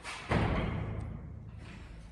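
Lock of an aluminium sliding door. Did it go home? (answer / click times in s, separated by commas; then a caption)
yes / 0.3 s. The lock of an aluminium sliding door is engaged from inside, producing a sudden low thud at 0.3 s that fades into a quieter background. The lock is confirmed seated and properly locked.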